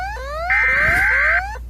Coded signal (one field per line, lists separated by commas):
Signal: Emergency Alert System (SAME) tones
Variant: header bursts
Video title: ECUADOR EAS ALARM 🇪🇨 1830